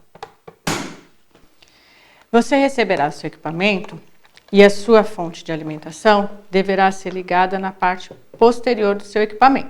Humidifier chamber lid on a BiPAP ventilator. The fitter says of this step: Para fechar, sempre ouvir o clique, porque se a sua tampa ficar solta, o equipamento vai fazer barulho durante a utilização.